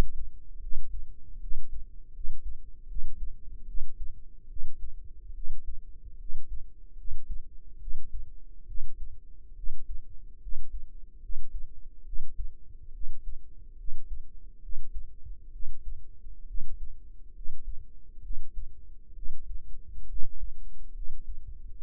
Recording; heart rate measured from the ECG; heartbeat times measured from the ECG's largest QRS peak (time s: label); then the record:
heart sounds by microphone in the right ear; 71 bpm
0.59 s: heartbeat
1.39 s: heartbeat
2.12 s: heartbeat
2.87 s: heartbeat
3.65 s: heartbeat
4.47 s: heartbeat
5.33 s: heartbeat
6.17 s: heartbeat
6.95 s: heartbeat
7.78 s: heartbeat
8.65 s: heartbeat
9.54 s: heartbeat
10.39 s: heartbeat
11.20 s: heartbeat
12.03 s: heartbeat
12.91 s: heartbeat
13.76 s: heartbeat
14.60 s: heartbeat
15.50 s: heartbeat
16.45 s: heartbeat
17.33 s: heartbeat
18.21 s: heartbeat
19.13 s: heartbeat
20.07 s: heartbeat
20.92 s: heartbeat
21.83 s: heartbeat
From the record:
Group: healthy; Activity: rest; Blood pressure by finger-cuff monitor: 116/77 mmHg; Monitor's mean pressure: 89 mmHg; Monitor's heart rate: 72 bpm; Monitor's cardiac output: 5.7 L/min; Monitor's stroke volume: 78 mL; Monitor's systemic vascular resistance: 1160 dyn s/cm5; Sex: female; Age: 22 years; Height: 160 cm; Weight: 45 kg